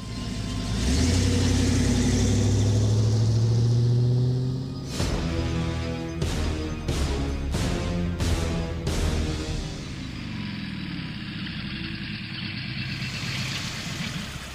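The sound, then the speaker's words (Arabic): A car engine hums steadily while driving to the sea, with a brief rise in pitch, then several sharp clicks or thumps as the car arrives and stops to park, before the motor settles into a low, even idle. “هينا وصلنا، وين نوقف السيارة؟”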